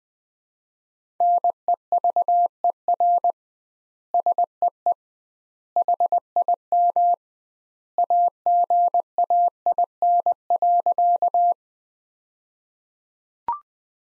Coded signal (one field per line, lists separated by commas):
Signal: Morse code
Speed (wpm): 21 wpm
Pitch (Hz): 700 Hz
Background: none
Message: NEVER SEE HIM AGAIN.